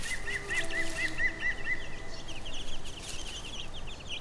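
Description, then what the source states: Chicken chicks: an opening run of evenly spaced, slightly lower chirps, then thin high peeps continuing to the end over low rumble. A hen with her chicks, recorded on Brownsea Island.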